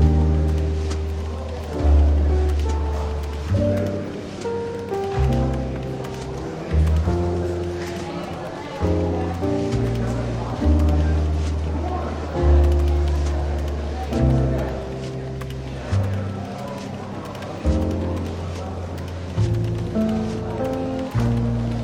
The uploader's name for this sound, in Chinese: 伦敦书店咖啡馆轻微喧闹氛围与柔和轻松的爵士背景音乐